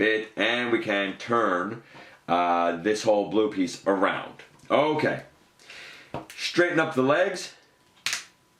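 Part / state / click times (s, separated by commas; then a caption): plastic figure leg joints into their locked robot-mode position / seated / 8.1 s. Someone talks while transforming a plastic action figure, turning a blue piece around and straightening the legs. A sharp click at 8.1 s marks the leg joints locking into their robot-mode position.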